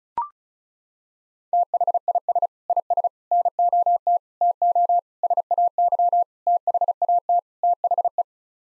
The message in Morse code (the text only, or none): THIS IS NOT TO SAY THAT THE